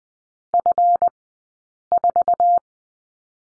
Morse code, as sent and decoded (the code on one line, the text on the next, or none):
..-. ....-
F4